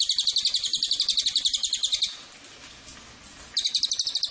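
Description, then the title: Cililin repeating fast, high, sharp notes for two seconds, pausing briefly, then starting the quick series again. Cililin bird song used as a masteran tutor or pancingan lure for training birds. "MASTERAN SUARA BURUNG CILILIN BISA JUGA PANCINGAN CILILIN"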